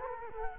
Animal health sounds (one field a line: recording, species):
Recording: mosquito wingbeat signal from an infrared sensor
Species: Culex quinquefasciatus